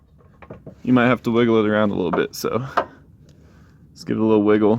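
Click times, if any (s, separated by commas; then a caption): none. A car's intermediate drive shaft is pushed into the transmission of a 2008–2011 Ford Focus and wiggled around by hand. Someone talks over a few faint knocks and scrapes of the handling. Nothing has seated or clicked yet.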